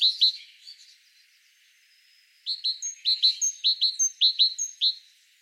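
Great tit calling: a rapid series of bright, paired chirps with high thin notes above, after a brief opening burst and a pause.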